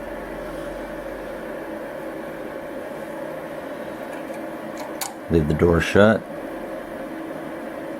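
A Blue Sky 1501 Ser.1 bobbin case is handled at the hook post of an embroidery machine with the door latch shut, over a steady mechanical hum. A brief sharp sound comes at about 5.0 seconds, then someone talks. Nothing has seated or clicked home yet.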